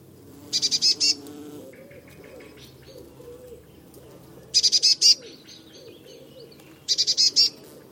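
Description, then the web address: Eurasian blue tit giving short churring scold bursts, each a quick run of four or five buzzy notes, heard three times; a low steady hum and faint chirps underneath. "Deverinetal 2025 File origin Bird Only Cy Ca"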